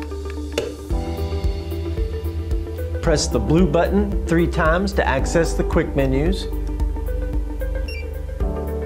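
A Draeger X-am 1/2/5 series portable gas detector is laid in a plastic calibration cradle and rocked forward until it clicks into place, with one sharp, loud click at 0.6 s. Music plays underneath, and then someone talks.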